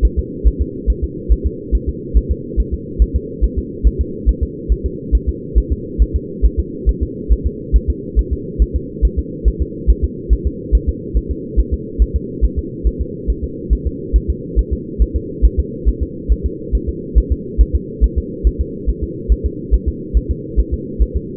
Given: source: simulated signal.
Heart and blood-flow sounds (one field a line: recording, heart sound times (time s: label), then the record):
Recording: fetal heart sounds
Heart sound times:
0.05 s: S1
0.19 s: S2
0.47 s: S1
0.62 s: S2
0.90 s: S1
1.04 s: S2
1.32 s: S1
1.46 s: S2
1.75 s: S1
1.89 s: S2
2.17 s: S1
2.31 s: S2
2.60 s: S1
2.74 s: S2
3.02 s: S1
3.16 s: S2
3.44 s: S1
3.58 s: S2
3.87 s: S1
4.01 s: S2
4.29 s: S1
4.43 s: S2
4.72 s: S1
4.86 s: S2
5.15 s: S1
5.29 s: S2
5.58 s: S1
5.72 s: S2
6.02 s: S1
6.16 s: S2
6.45 s: S1
6.60 s: S2
6.89 s: S1
7.03 s: S2
7.32 s: S1
7.47 s: S2
7.76 s: S1
7.90 s: S2
8.19 s: S1
8.33 s: S2
8.62 s: S1
8.76 s: S2
9.05 s: S1
9.19 s: S2
9.48 s: S1
9.62 s: S2
9.90 s: S1
10.04 s: S2
10.33 s: S1
10.47 s: S2
10.75 s: S1
10.89 s: S2
11.17 s: S1
11.31 s: S2
11.59 s: S1
11.74 s: S2
12.02 s: S1
12.16 s: S2
12.44 s: S1
12.59 s: S2
12.87 s: S1
13.01 s: S2
13.30 s: S1
13.44 s: S2
13.73 s: S1
13.87 s: S2
14.16 s: S1
14.30 s: S2
14.59 s: S1
14.73 s: S2
15.02 s: S1
15.16 s: S2
15.45 s: S1
15.59 s: S2
15.89 s: S1
16.03 s: S2
16.32 s: S1
16.46 s: S2
16.75 s: S1
16.89 s: S2
17.18 s: S1
17.32 s: S2
17.61 s: S1
17.75 s: S2
18.04 s: S1
18.18 s: S2
18.47 s: S1
18.61 s: S2
18.89 s: S1
19.04 s: S2
19.32 s: S1
19.46 s: S2
19.74 s: S1
19.88 s: S2
20.17 s: S1
20.31 s: S2
20.59 s: S1
20.74 s: S2
21.02 s: S1
21.16 s: S2
From the record:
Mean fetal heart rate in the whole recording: 140 bpm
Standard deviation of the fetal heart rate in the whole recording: 2 bpm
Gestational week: 34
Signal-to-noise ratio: -4.1 dB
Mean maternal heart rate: no maternal heart sound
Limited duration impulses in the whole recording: absent